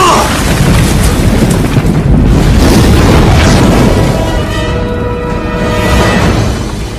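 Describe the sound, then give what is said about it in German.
A ship explodes in a huge blast: a loud, deep roaring rumble that holds steady for several seconds, with faint ringing tones surfacing toward the end as the roar slowly eases. “Iroh sah noch, wie sein Neffe auf sein Schiff zurückging. Ein paar Minuten später explodierte es.”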